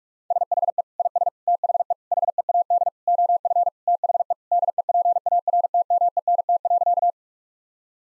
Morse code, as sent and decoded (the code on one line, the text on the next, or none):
... .... . / .. ... / - .... . / .... . .- -.. / --- ..-. / - .... . / -.. . .--. .- .-. - -- . -. - .-.-.-
SHE IS THE HEAD OF THE DEPARTMENT.